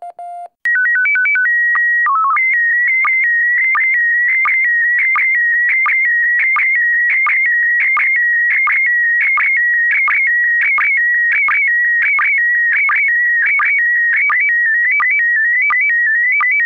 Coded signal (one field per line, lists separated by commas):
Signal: SSTV (slow-scan television)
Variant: PD 90